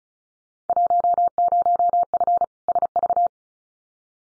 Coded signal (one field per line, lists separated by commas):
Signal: Morse code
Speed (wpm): 36 wpm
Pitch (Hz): 700 Hz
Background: none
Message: 10F SV